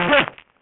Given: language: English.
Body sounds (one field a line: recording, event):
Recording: throat vibration sensor signal played as sound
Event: cough